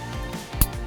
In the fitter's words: You'll hear a click, so you know it's firmly seated.